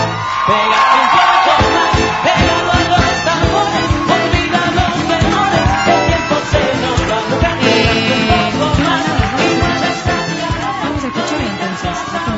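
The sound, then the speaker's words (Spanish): A loud crowd shouts, whoops and cheers without pause as someone enters, a dense wall of overlapping voices that stays steady and energetic throughout. “Mira, escucha todos los gritos. Ahora es cuando está entrando.”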